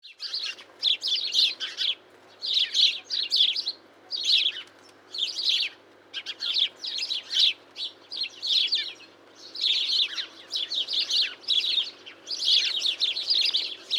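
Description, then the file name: House sparrow chirping persistently, bursts of high chirps in quick groups with short pauses between, continuing throughout. "Passer domesticus"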